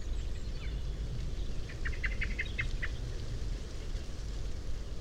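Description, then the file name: Common blackbird giving one quick burst of hard chink notes midway, surrounded by low rumbling noise. "Turdus merula"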